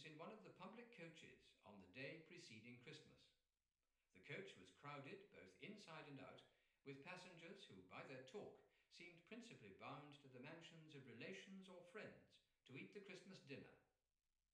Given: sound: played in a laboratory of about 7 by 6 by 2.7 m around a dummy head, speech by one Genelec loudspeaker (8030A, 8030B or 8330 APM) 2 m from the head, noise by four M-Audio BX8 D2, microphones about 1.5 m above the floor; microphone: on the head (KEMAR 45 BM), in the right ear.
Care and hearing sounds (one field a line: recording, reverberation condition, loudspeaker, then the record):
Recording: male speech in English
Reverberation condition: medium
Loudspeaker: in front (0 degrees)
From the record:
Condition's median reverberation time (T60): about 510 ms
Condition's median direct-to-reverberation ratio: about -0.5 dB